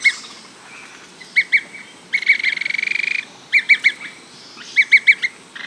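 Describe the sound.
Bird calls: sharp, squeaky notes in quick clusters of two to four, with one longer rapid buzzy trill in the middle, repeated several times.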